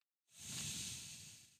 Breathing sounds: one breath near a microphone; exhalation

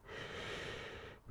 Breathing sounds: one breath near a microphone; inhalation

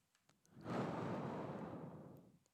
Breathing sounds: one breath near a microphone; exhalation

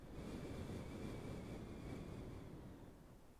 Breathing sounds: one breath near a microphone; exhalation

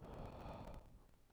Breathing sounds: one breath near a microphone; exhalation

